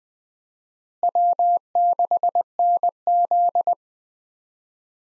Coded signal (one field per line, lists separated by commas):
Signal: Morse code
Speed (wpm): 21 wpm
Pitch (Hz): 700 Hz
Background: none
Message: W6NZ